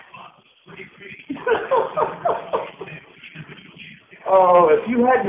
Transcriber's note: laugh